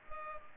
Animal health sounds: mosquito wingbeat signal from an infrared sensor; Culex pipiens

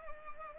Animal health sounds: mosquito wingbeat signal from an infrared sensor; Culex pipiens

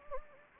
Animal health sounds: mosquito wingbeat signal from an infrared sensor; Anopheles gambiae

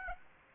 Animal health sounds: mosquito wingbeat signal from an infrared sensor; Aedes aegypti

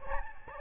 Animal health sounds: mosquito wingbeat signal from an infrared sensor; Aedes albopictus

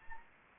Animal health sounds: mosquito wingbeat signal from an infrared sensor; Anopheles arabiensis

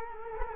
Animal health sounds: mosquito wingbeat signal from an infrared sensor; Culex quinquefasciatus

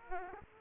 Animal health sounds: mosquito wingbeat signal from an infrared sensor; Aedes aegypti

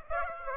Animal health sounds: mosquito wingbeat signal from an infrared sensor; Aedes aegypti

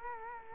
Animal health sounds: mosquito wingbeat signal from an infrared sensor; Culex quinquefasciatus

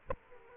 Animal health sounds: mosquito wingbeat signal from an infrared sensor; Aedes aegypti

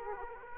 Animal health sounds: mosquito wingbeat signal from an infrared sensor; Aedes aegypti

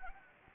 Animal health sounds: mosquito wingbeat signal from an infrared sensor; Anopheles gambiae

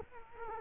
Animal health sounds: mosquito wingbeat signal from an infrared sensor; Culex quinquefasciatus

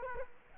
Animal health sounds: mosquito wingbeat signal from an infrared sensor; Culex quinquefasciatus

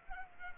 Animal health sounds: mosquito wingbeat signal from an infrared sensor; Culex pipiens

